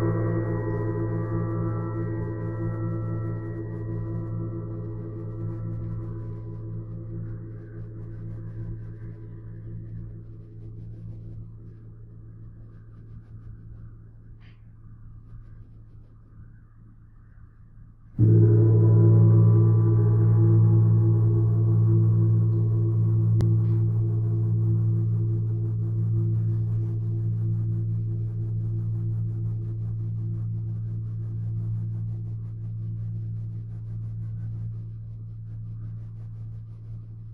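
A gong rings with a deep, humming low tone and layered overtones, already sounding at the start and slowly dying away. At about eighteen seconds it is struck again, louder and fuller, then decays gradually through the end. A faint tick sounds near fourteen seconds.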